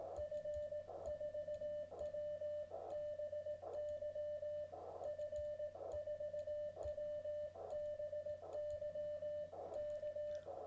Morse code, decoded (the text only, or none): F4WBY F4WBY K